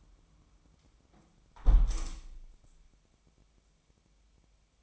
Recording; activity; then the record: daily activity, microphone in the room; close window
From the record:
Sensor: 1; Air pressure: 1000.4 hPa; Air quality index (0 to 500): 166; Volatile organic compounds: 3 ppm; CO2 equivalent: 1526 ppm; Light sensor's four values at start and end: 11/28/11/13 and 11/26/11/12